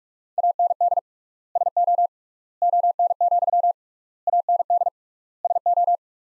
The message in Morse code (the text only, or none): AND SO ON, AND SO